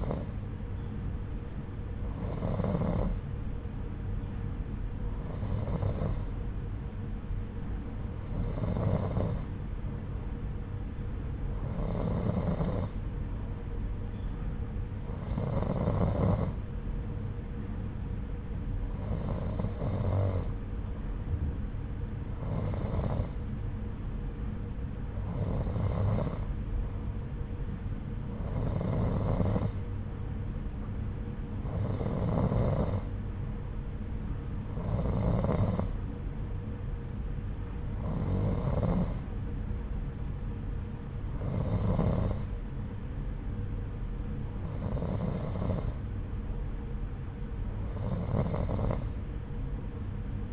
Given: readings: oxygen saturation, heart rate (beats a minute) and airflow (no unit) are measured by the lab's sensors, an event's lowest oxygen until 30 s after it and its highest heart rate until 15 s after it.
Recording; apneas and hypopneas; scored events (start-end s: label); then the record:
breathing in sleep by a smartphone at the bedside; none
none scored
From the record:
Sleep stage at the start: N2 (light sleep); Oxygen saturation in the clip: 90 to 91%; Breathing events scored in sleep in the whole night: 303 in 8.1 hours asleep